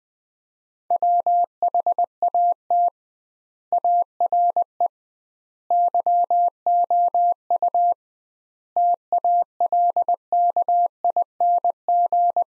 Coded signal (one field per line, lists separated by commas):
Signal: Morse code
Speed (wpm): 20 wpm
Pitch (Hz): 700 Hz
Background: none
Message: WHAT ARE YOU TALKING